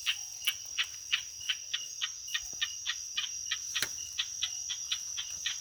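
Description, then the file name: Golden-backed frog giving a long series of short, tapping click notes, about three per second, against a continuous high-pitched drone. "Indosylvirana serendipi"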